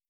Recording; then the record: hydrophone in a shrimp aquaculture tank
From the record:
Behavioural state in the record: starved